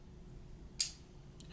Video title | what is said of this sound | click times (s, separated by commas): Brous Blades Silent Soldier Framelock 1 of 100 | see it just clicks right in | 0.8 s